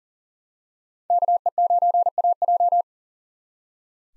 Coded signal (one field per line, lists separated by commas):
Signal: Morse code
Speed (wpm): 40 wpm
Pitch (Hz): 700 Hz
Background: none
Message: KE9AJ